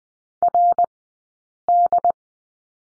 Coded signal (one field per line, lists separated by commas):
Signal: Morse code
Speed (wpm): 20 wpm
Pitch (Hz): 700 Hz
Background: none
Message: RD